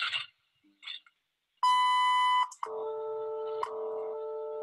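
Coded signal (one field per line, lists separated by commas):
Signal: radio time signal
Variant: WWV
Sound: brief voice fragments, then a long 1 kHz beep, then a steady low hum with ticks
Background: radio static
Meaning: The long 1 kHz tone marks the start of the announced minute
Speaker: the per second ticks during the audio time announcement prior to the top of each minute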